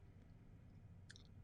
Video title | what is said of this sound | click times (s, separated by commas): Repair Beats Studio Pro Wireless Headphones Headband Part - Fix - Replacement - Replace - Broken | uh click into place. | 1.1 s, 1.2 s